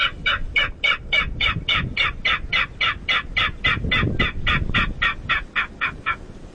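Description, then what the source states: King Rail calls: a rapid, steady series of harsh clattering kek notes, about three or four a second, over a low rumble of background noise. Recording played back on a loop at a playback site, from an hour and a half after sunset to an hour and a half before sunrise, as loud as 95 decibels, to attract migrating rails.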